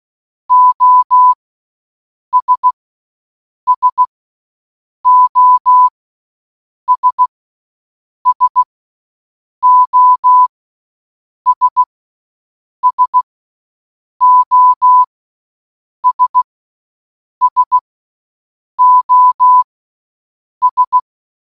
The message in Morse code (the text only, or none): OS SOS SOS SOS SOS